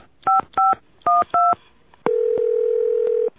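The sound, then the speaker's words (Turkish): Four short, evenly spaced two-tone telephone dialing beeps as the switchboard operator's number is dialed, followed by a long, steady mid-pitched tone that holds for over a second before cutting off. No voices are heard. “Dur bakayım, bir de santralı çevireyim.”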